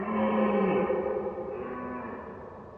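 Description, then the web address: Red Deer roar: one long, harsh, moaning bellow, strongest in the first second, then trailing off and fading into a quieter drawn-out tail. Red deer roaring, heard at far distance. "Ivo Vicic - Red Deer and Roe Deer"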